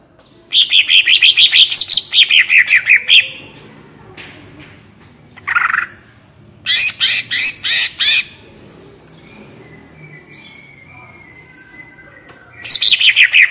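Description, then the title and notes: Greater green leafbird singing bursts of quick, descending chattering notes, one shorter lower slurred phrase, then a pulsed high stretch and another falling run. Master recording for training captive cucak ijo; bird singing gacor and melodious (merdu), in ngentrok style with raised crest (jambul nembak). "Cucak Ijo Gacor Ngentrok Jambul Nembak. suara burung cucak ijo gacor, merdu cocok buat masteran burung cucak ijo"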